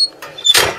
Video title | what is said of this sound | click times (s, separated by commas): The Image of God, Deity of Christ, and "On Earth As It Is In Heaven" | push it back up automatically locks in place | 0.2 s, 0.4 s